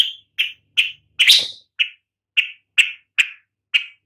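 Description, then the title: Long-tailed shrike giving harsh, rasping call notes, a steady series of short buzzy bursts, with one broader, louder burst early on. "Lanius Schach Sun"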